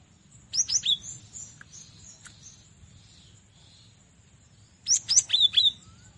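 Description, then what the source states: Cinereous tit gives two bright phrases of rapid descending whistled notes, separated by a quiet pause, with a faint continuous high tone in the background. Training recording for cage birds to learn from.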